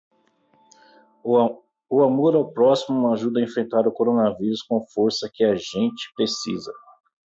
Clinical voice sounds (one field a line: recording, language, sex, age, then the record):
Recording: spoken sentence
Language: Brazilian Portuguese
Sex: male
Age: 40 to 49 years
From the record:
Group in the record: control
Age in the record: 46 years